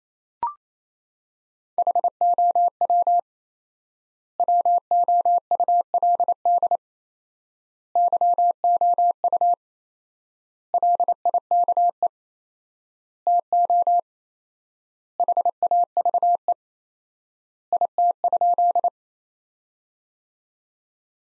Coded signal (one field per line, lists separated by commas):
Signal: Morse code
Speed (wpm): 27 wpm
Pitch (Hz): 700 Hz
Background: none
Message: HOW WOULD YOU LIKE TO HAVE IT?